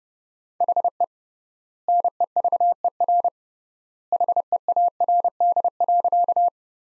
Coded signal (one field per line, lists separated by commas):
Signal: Morse code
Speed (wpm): 30 wpm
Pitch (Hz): 700 Hz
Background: none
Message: HE NEVER HEARD.